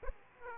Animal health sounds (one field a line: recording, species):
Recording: mosquito wingbeat signal from an infrared sensor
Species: Aedes aegypti